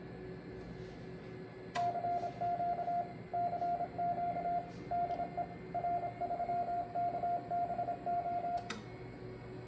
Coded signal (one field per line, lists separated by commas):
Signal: Morse code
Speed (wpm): 28 wpm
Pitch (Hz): 700 Hz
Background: radio noise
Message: CQ CQ DE R3KBO